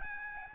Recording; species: mosquito wingbeat signal from an infrared sensor; Aedes albopictus